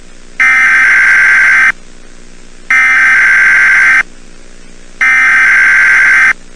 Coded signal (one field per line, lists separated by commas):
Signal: Emergency Alert System (SAME) tones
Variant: header bursts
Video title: Eas Scenario Movie EXTENDED CUT - "The Silent Invasion"